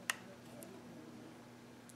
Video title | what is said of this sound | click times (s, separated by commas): 2 WAYS TO FIX IPAD TOUCHSCREEN NOT RESPONDING - WORKING | you hear it click alright | 0.1 s